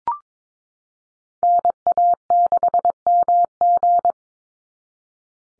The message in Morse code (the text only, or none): NA6MG